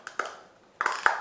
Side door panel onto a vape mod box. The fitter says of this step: Voilà, la porte qui se clipse dessus parfaitement.